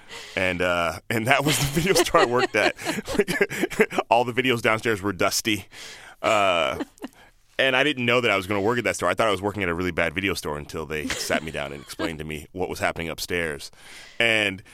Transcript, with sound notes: and that was the video store I worked at.
(LAUGHTER)
All the videos downstairs were dusty. And I didn't know that I was going to work at that store. I thought that I was working at a really bad video store until they sat me down and explained to me what was happening upstairs.